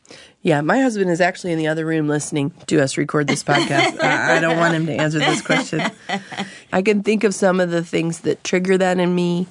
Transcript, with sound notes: Yes, my husband is actually in the other room listening to us record this podcast. I don’t want to answer this question.. (laughter) I can think of some of the things that trigger that in me: